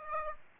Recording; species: mosquito wingbeat signal from an infrared sensor; Aedes aegypti